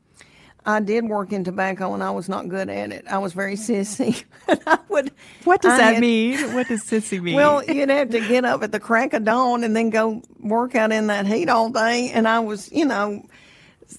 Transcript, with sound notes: I did work in tobacco, and I was not good at it. I was very sissy (laughter). I would...
What does that mean? What does sissy mean?
Well, you'd have to get up at the crack of dawn and then go work out in that heat all day. And I was - you know,